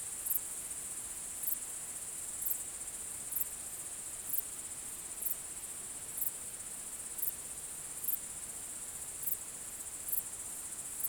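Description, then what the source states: Cricket chirping, a continuous shrill high trill with louder pulses at regular intervals, unbroken from start to finish. Natural night sounds intended for relaxation.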